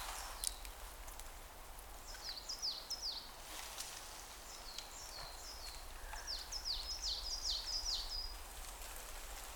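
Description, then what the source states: Bird giving bursts of high, quickly descending notes in short runs, over a low, steady hum. Forest with falling snow.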